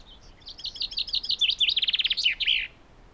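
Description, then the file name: Common chaffinch singing one full phrase, a quick run of repeated chips accelerating into a descending rattle and closing with an emphatic terminal flourish. "Fringilla coelebs"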